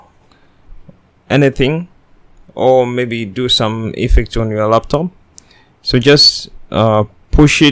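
A 2.5-inch Samsung 860 EVO SSD is being pushed gently into a laptop drive bay toward its SATA connector while someone talks, with two faint brief sounds near 0.3 s and 0.9 s. The drive has not seated or clicked into place yet.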